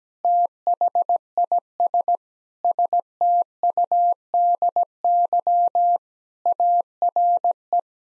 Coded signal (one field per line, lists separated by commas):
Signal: Morse code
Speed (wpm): 17 wpm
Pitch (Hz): 700 Hz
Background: none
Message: THIS STUDY ARE